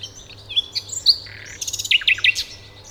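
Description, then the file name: Common nightingale song phrase of varied high chirps and whistles, followed by a burst of rapid buzzy notes and several sharp chips near the end. "Luscinia megarhynchos"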